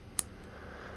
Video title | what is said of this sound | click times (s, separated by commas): Viking SPARK Whetstone Necklace by Wazoo - Overview & Demo! - Make Fire 🔥 & Sharpen 🔪 | And I actually like how it's got a tactile kind of sound to it to know that it's secure, | 0.2 s